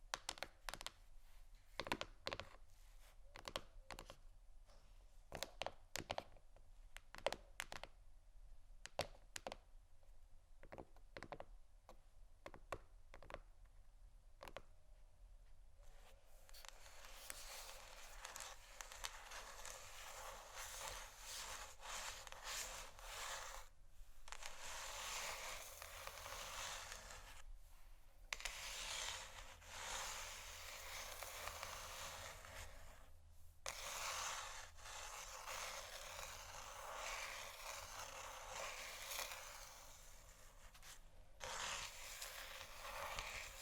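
Scratching and tapping on canisters. For the first sixteen seconds there are sharp, separate taps and clicks with short gaps between them. After that a dense, bright, continuous scratching takes over and runs to the end, broken by a few brief pauses near 24, 28 and 33 seconds.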